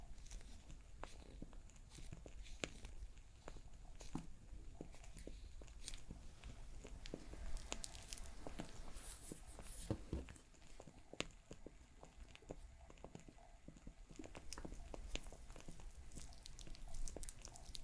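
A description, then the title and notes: A crackling fire pops and snaps steadily over a soft, constant low rumble. The sharp clicks come irregularly, a few each second, with brighter bursts of crackles around the eight to ten second mark and again near the end. Crackling Fire Sounds.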